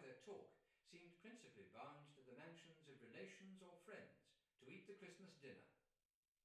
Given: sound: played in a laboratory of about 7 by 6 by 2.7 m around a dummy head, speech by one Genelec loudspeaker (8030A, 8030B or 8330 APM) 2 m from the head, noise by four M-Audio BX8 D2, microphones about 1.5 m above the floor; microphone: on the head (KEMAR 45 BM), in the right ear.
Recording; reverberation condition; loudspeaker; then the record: male speech in English; medium; 120 degrees to the left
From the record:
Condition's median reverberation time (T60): about 510 ms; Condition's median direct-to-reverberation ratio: about -0.5 dB